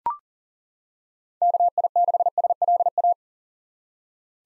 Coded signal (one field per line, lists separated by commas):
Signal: Morse code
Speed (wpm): 38 wpm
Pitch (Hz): 700 Hz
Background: none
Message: KI6SLA